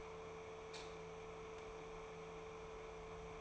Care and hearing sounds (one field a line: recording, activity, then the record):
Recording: daily activity, microphone in the room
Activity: light on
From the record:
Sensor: 1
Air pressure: 1014.8 hPa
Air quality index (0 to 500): 187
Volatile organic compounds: 19 ppm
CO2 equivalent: 2652 ppm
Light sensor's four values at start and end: 34/84/36/43 and 37/99/41/49